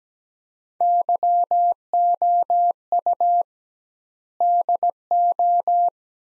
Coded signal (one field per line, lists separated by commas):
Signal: Morse code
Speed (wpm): 17 wpm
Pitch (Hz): 700 Hz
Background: none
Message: YOU DO